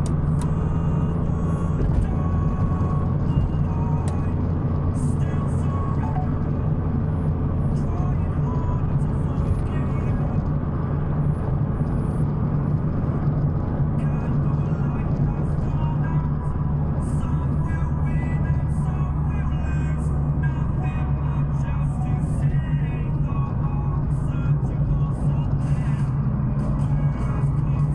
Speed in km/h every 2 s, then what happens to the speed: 76, 79, 80, 78, 77, 75, 73, 71, 68, 61, 59, 56, 55, 54.
3-28 slows to 54.